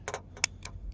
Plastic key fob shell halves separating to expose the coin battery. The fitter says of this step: Give it just a little nudge, snaps open,